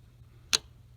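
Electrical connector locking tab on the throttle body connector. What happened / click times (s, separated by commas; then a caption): The connector locking tab clicked in / 0.5 s. The small plastic locking tab on the electrical connector for the throttle body of a 2005–2014 Mustang is pushed in to lock the connector after it has been pushed onto the throttle body. A single sharp, bright tick sounds at 0.6 s over a faint low hum, and the connector is locked in place.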